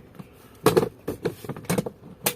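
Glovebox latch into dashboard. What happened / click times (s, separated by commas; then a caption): The compartment door shut and latched / 0.7 s, 2.3 s. After a cabin filter swap on a Toyota Fortuner, the glovebox is pushed shut into the dashboard, with two strong, sharp hits at 0.7 s and 2.3 s and softer knocks and rattles in between. The glovebox closes and its latch seats.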